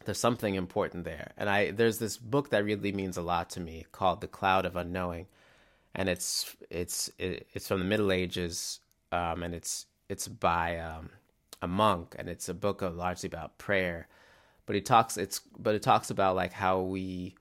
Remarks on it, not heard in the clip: The glottal block so often sounds silent, I experience this so often, just like as a daily fact of my life.